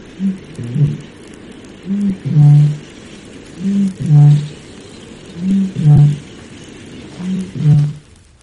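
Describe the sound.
Eurasian bittern booming: deep, hollow low notes in pairs, a short soft lead-in then a louder boom, repeated about five times roughly every 1.7 seconds.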